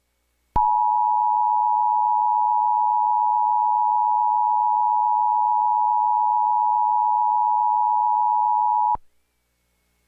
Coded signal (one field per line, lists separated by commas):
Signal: Emergency Alert System (SAME) tones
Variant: 853 and 960 Hz attention tone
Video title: Emergency alert system pbs kids New York 6/17/18￼